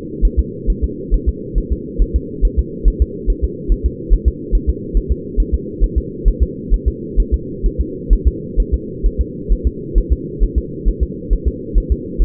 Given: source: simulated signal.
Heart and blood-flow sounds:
fetal heart sounds
0.25 s: S1
0.39 s: S2
0.70 s: S1
0.84 s: S2
1.14 s: S1
1.29 s: S2
1.58 s: S1
1.72 s: S2
2.02 s: S1
2.16 s: S2
2.45 s: S1
2.59 s: S2
2.88 s: S1
3.02 s: S2
3.30 s: S1
3.44 s: S2
3.72 s: S1
3.86 s: S2
4.13 s: S1
4.28 s: S2
4.55 s: S1
4.70 s: S2
4.97 s: S1
5.12 s: S2
5.40 s: S1
5.54 s: S2
5.84 s: S1
5.98 s: S2
6.28 s: S1
6.42 s: S2
6.74 s: S1
6.88 s: S2
7.20 s: S1
7.34 s: S2
7.66 s: S1
7.81 s: S2
8.13 s: S1
8.27 s: S2
8.60 s: S1
8.74 s: S2
9.06 s: S1
9.21 s: S2
9.52 s: S1
9.67 s: S2
9.98 s: S1
10.12 s: S2
10.43 s: S1
10.58 s: S2
10.88 s: S1
11.03 s: S2
11.33 s: S1
11.48 s: S2
11.78 s: S1
11.92 s: S2
12.22 s: S1
From the record:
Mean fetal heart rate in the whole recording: 135 bpm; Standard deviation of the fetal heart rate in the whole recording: 3 bpm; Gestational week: 36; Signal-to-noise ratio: -4.1 dB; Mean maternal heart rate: no maternal heart sound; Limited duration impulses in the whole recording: absent

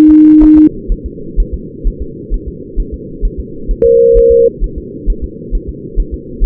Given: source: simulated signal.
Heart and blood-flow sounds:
fetal heart sounds
0.10 s: S2
0.43 s: S1
0.58 s: S2
0.92 s: S1
1.06 s: S2
1.40 s: S1
1.54 s: S2
1.88 s: S1
2.02 s: S2
2.34 s: S1
2.48 s: S2
2.80 s: S1
2.94 s: S2
3.25 s: S1
3.40 s: S2
3.71 s: S1
3.85 s: S2
4.17 s: S1
4.32 s: S2
4.64 s: S1
4.78 s: S2
5.10 s: S1
5.24 s: S2
5.55 s: S1
5.69 s: S2
6.00 s: S1
6.14 s: S2
6.44 s: S1
From the record:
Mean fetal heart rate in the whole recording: 130 bpm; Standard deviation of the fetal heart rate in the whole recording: 4 bpm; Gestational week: 38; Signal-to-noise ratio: -4.3 dB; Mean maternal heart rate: 72 bpm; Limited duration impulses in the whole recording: present

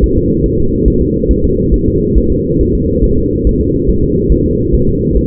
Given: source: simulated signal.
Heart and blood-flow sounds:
fetal heart sounds
0.04 s: S1
0.18 s: S2
0.46 s: S1
0.60 s: S2
0.88 s: S1
1.02 s: S2
1.31 s: S1
1.45 s: S2
1.74 s: S1
1.88 s: S2
2.18 s: S1
2.32 s: S2
2.61 s: S1
2.75 s: S2
3.04 s: S1
3.18 s: S2
3.47 s: S1
3.61 s: S2
3.90 s: S1
4.04 s: S2
4.32 s: S1
4.46 s: S2
4.74 s: S1
4.89 s: S2
5.17 s: S1
From the record:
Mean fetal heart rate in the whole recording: 140 bpm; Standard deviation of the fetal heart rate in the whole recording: 2 bpm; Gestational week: 34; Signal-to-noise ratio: -15.3 dB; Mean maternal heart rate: 72 bpm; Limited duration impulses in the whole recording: present

